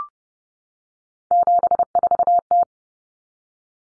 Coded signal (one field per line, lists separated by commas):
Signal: Morse code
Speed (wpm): 30 wpm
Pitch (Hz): 700 Hz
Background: none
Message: 74T